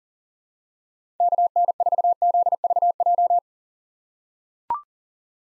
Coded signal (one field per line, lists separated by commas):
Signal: Morse code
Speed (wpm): 40 wpm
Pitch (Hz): 700 Hz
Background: none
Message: KN4ZVJ